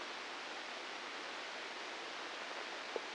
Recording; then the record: brain microelectrode recording played as sound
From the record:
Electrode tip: inside the subthalamic nucleus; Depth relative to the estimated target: -2 mm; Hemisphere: right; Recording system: NeuroSet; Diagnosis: Parkinson's disease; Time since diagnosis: 9 years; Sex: female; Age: 51 years